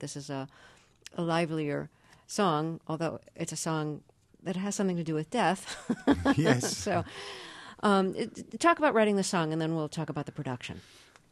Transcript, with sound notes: This is a livelier song, although it's a song that has something to do with death.
(SOUNDBITE OF LAUGHTER)
So talk about writing this song, and then we'll talk about the production.